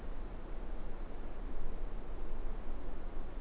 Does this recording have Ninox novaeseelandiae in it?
no